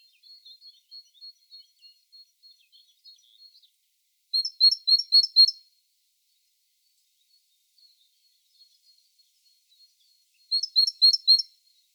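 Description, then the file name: Great tit calls: soft high ticking notes at first, then two loud bursts of rapid repeated notes several seconds apart, with quiet between. "Parus major"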